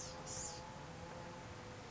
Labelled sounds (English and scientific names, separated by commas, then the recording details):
Blue-gray Gnatcatcher (Polioptila caerulea)
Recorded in Sonoma County, California